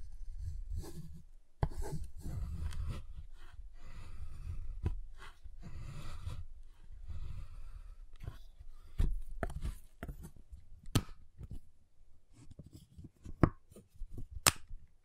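A giant chocolate bar is handled with scraping and rubbing for the first several seconds, dense low rustling with brief pauses. After about eight seconds come sharp, separate tapping and snapping clicks every second or so, the brightest cracks near eleven and fourteen seconds.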